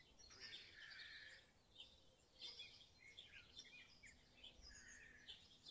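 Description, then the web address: Dawn chorus: many faint, overlapping bird chirps and warbles heard together over a steady low background hiss. Dawn chorus in Mold, North Wales. "beanstalk-audio Dawn Chorus in Mold North Wales"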